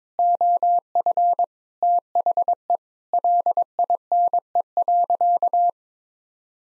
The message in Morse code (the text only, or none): OF THE LINE.